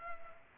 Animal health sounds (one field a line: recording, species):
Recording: mosquito wingbeat signal from an infrared sensor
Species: Culex pipiens